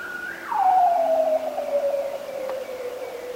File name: Bearded Seals